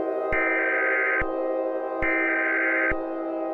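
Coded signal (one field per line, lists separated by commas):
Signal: Emergency Alert System (SAME) tones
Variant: header bursts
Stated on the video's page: Fictional EAS scenario, not a real alert.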